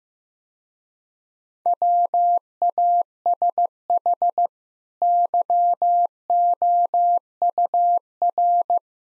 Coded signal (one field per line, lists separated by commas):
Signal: Morse code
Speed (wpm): 16 wpm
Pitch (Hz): 700 Hz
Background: none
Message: WASH YOUR